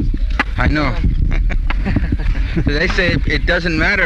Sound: laughter

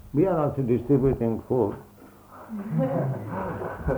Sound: devotees laugh

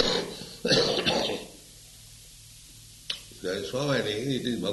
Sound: coughs

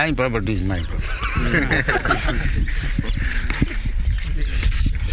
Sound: laughter

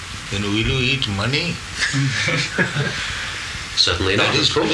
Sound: laughter

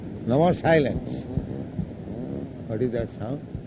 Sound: buzzing sound

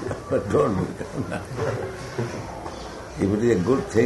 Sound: laughing

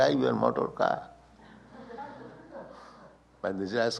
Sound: laughter

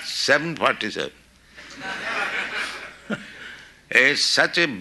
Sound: laughter

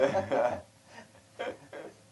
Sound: laughter

